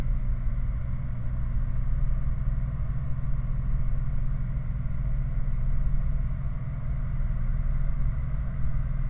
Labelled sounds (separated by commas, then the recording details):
machinery, flare stack
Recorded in the Prudhoe Bay oil fields, Alaska, on 9 August 2019 at 23:41
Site 29